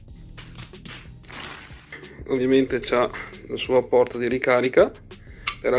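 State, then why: Seated. A power adapter plug is pushed into the charging/power port of a Logitech GG923 racing steering wheel while someone talks. A single sharp, fast-decaying click is heard at 5.5 s as the connector seats into the wheel.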